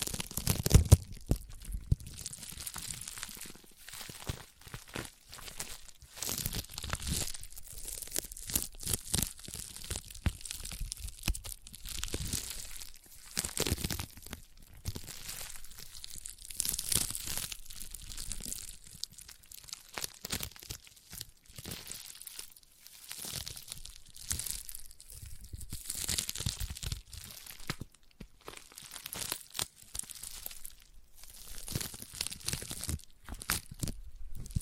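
Sticky tapping and peeling sounds crackle on in dense, irregular bursts, bright crinkly tearing textures with brief pauses and occasional low thumps.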